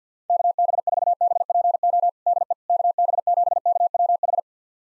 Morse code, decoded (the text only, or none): KB4BPO DE KB7KWH